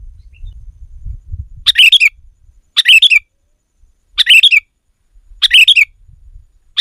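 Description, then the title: Sooty-headed bulbul singing short bubbly chirping phrases, each under half a second, repeated roughly every one to one and a half seconds, with faint low rumble beneath. "kutilang"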